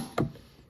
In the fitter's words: you would unlock it by popping this open